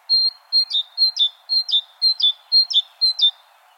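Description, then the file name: Great tit repeating a ringing two-note phrase several times without a break, high then lower, evenly paced at roughly two pairs per second. "Parus major"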